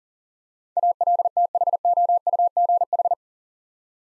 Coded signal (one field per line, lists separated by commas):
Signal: Morse code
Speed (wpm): 42 wpm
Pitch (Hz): 700 Hz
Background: none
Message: ALTHOUGH